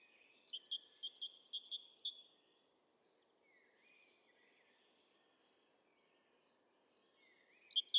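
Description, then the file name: Great tit producing a brisk series of high, ringing notes for about two seconds, followed by faint, thin calls and the start of another series at the very end. "Parus major"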